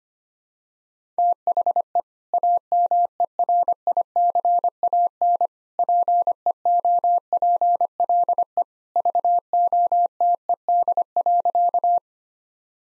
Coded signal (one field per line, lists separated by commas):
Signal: Morse code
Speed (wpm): 25 wpm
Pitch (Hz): 700 Hz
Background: none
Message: THE AMERICAN PEOPLE VOTED.